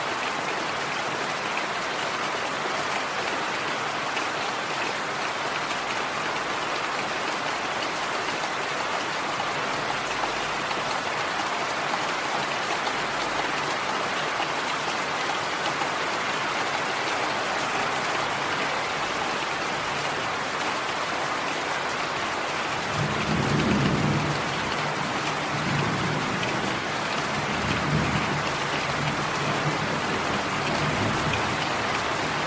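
Heavy rain falls steadily, a dense, even patter of drops filling the whole clip with a bright hiss. Around 23 seconds, and again near 26 and 28, soft low rumbles swell briefly beneath the rain.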